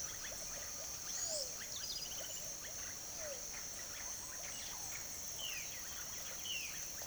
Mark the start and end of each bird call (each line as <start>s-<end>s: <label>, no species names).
0.00s-6.73s: bird call